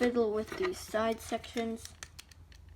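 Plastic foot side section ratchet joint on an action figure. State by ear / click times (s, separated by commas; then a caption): seated / 2.2 s. Someone talks while working the plastic side sections of a transforming robot action figure's foot. The ratchet joint clicks forward one step at 2.2 seconds, a sharp plastic click followed by a few fainter small clicks, and the joint is seated.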